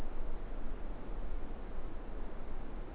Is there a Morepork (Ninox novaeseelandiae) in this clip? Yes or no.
no